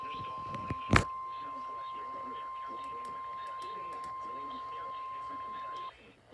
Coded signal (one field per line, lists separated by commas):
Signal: Emergency Alert System (SAME) tones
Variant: 1050 Hz attention tone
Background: speech